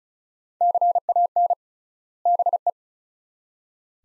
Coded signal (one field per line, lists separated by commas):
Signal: Morse code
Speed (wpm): 34 wpm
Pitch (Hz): 700 Hz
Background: none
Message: CAN BE